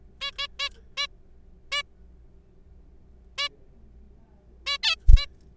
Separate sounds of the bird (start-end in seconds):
0.21-0.31, 0.38-0.47, 0.59-0.69, 0.97-1.07, 1.72-1.82, 3.38-3.48, 4.67-4.77, 4.83-4.96, 5.17-5.26